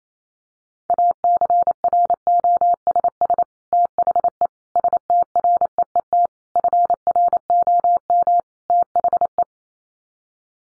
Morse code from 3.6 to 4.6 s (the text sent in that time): THE